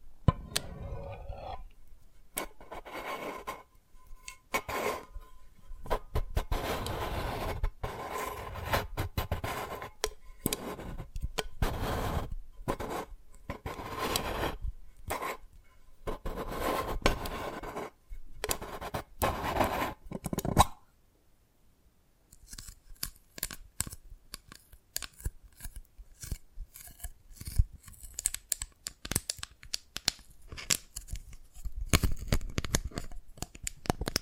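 Dalgona candy is tapped and cracked in short, sharp bursts, scraping and crunching in quick, irregular runs through the first twenty seconds. After a brief pause near twenty-one seconds, faster, crisper clicking taps take over, dense and bright, continuing to the end.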